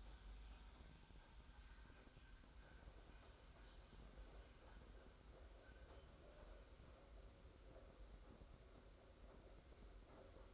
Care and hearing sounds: daily activity, microphone in the room; make coffee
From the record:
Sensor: 3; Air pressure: 991.7 hPa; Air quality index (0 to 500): 180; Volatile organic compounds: 1000 ppm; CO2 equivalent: 6014 ppm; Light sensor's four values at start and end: 40/115/46/41 and 40/115/46/41

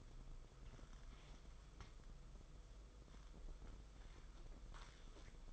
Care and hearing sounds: daily activity, microphone in the room; wipe stove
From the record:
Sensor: 5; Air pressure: 990.7 hPa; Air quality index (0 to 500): 156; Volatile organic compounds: 213 ppm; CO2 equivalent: 4256 ppm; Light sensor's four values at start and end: 45/125/50/54 and 44/121/49/53

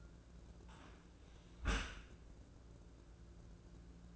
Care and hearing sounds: daily activity, microphone in the room; close dishwasher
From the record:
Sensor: 2

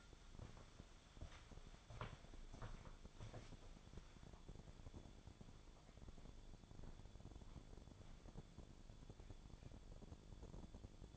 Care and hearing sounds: daily activity, microphone in the room; walk to room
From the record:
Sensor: 5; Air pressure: 1000.0 hPa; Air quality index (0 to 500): 88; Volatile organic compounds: 1 ppm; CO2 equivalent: 723 ppm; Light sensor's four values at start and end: 334/803/345/390 and 321/800/334/374

